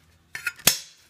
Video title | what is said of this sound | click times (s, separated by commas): Camaro roof skin project, final repairs and trim studs | pops right in and it | 0.4 s, 0.7 s